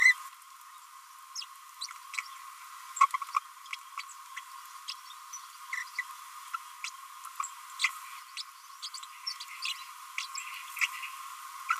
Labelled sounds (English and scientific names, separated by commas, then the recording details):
Green-rumped Parrotlet (Forpus passerinus) babbling
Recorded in a nest box in Venezuela
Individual 18B25A5